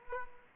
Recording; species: mosquito wingbeat signal from an infrared sensor; Aedes aegypti